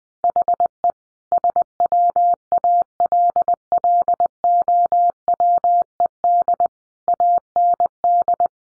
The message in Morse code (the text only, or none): HE SWALLOWED AND